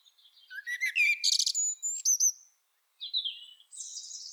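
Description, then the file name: Common blackbird giving a rising note, then a dense, buzzy twittering burst, a brief pause, and a few thin, high squeaky notes. "Turdus merula"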